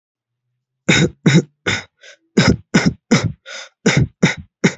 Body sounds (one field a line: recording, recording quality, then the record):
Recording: heavy voluntary cough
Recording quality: excellent, no background noise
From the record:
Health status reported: healthy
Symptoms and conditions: none ticked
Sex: male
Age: 31 years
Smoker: not ticked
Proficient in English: yes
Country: India